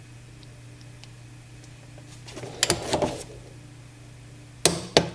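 A torque wrench tightens a spark plug into the cylinder head of a Porsche 718 Cayman engine, with a burst of ratcheting around 2.3–3.2 s over a low steady hum. The wrench clicks at its setting at 4.7 s and again at 5.0 s, two sharp clicks done on purpose, confirming the plug is torqued.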